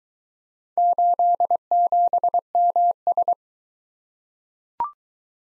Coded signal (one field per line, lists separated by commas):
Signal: Morse code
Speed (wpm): 21 wpm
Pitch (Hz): 700 Hz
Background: none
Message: 87MS